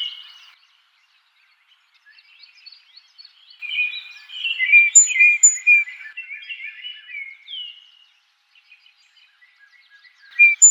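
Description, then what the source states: Song Sparrow song: soft chirps build to a loud phrase of repeated notes, then quieter twitters. Recorded 4 January 2007.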